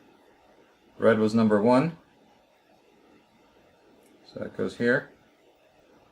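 During reassembly after cleaning a Commodore 64 keyboard, a plastic piece is being pushed into its spot in the keyboard or case. Someone talks in two short bursts, around 1.0–2.0 s and 4.3–5.0 s, with a low, steady background in between. Nothing has seated or clicked yet.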